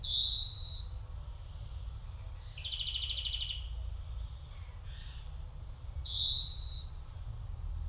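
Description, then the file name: European greenfinch alternating nasal buzzy wheezes with a fast, even rattling trill, three phrases spread throughout above a steady low rumble. "Chloris chloris"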